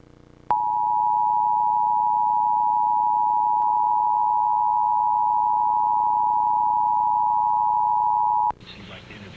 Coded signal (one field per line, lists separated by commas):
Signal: Emergency Alert System (SAME) tones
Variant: 853 and 960 Hz attention tone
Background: speech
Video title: Required Monthly Test (EAS #482)